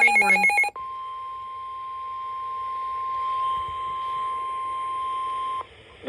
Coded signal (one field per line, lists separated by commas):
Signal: Emergency Alert System (SAME) tones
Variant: 1050 Hz attention tone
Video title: EAS 515-516 SMW KLWX KIH28 9/4/2025 @alexmanyt-bg